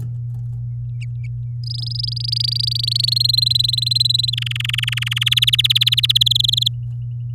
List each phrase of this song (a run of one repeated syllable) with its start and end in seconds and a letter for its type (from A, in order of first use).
1.64-3.06 A, 3.07-4.30 B, 4.33-5.24 C, 5.26-6.23 D, 6.26-6.68 E